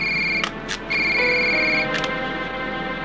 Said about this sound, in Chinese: 接电话。